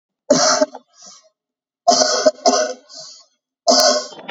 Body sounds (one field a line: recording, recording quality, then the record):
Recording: shallow voluntary cough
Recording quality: moderate, slight background noise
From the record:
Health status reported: COVID-19 positive, moderate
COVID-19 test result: positive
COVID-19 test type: RT-PCR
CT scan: not taken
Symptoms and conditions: cough, cold, sore throat, fatigue, loss of smell and taste, diabetes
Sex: female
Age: 58 years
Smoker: no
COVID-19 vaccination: none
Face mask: worn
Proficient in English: yes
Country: India